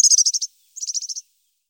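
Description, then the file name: European serin song: two quick bursts of very high, tinkling, buzzy notes, each about half a second long, separated by a short pause. "Girlitz"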